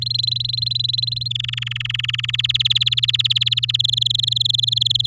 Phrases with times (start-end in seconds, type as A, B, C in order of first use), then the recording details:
0.01-1.28 A, 1.30-2.31 B, 2.33-3.77 C, 3.79-5.07 D. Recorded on 11 May 2018 at 10:19. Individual llb16